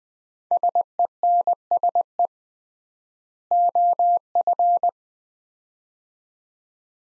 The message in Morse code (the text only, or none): SENSE OF